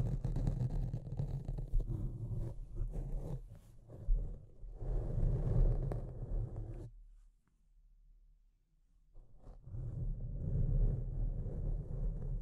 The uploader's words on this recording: Deep Scratching. (No Talking).